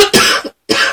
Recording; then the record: coughing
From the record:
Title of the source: 64 coughing, allergies, singing lungs